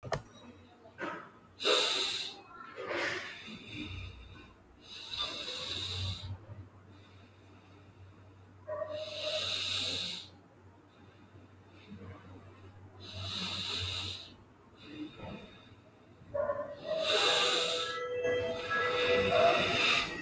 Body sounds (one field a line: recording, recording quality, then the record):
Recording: deep breathing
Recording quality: moderate, slight background noise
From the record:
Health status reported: exposed to COVID-19, no respiratory illness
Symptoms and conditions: loss of smell and taste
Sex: male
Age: 33 years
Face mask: not worn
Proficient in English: yes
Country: India